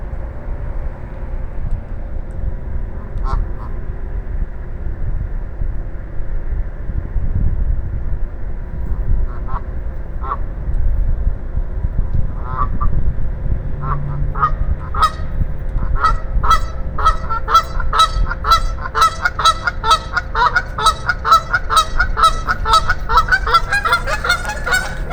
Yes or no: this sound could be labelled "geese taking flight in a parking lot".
yes